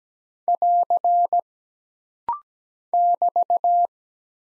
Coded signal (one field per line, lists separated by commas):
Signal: Morse code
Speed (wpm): 17 wpm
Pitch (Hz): 700 Hz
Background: none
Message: <AR> <BT>